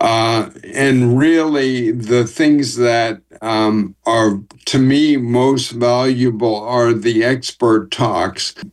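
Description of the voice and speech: A man with ALS speaks one sentence slowly, with drawn-out vowels, mid-phrase pauses, a nasal and slightly creaky voice, and thick, heavy consonants. This slow, effortful speech fits dysarthria from ALS. He was formerly a fast talker. His symptoms began in November 2022 with his walking, and he was diagnosed with ALS in January 2025.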